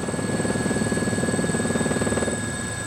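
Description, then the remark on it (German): A helicopter flies over Malta with a steady, rapid rotor chop, a dense pulsing thump under a constant engine whine, loud and unbroken throughout. “Fennig hatte allerdings die Gelegenheit benutzt, mir per Hubschrauber halb Malta aus der Vogelperspektive zu zeigen.”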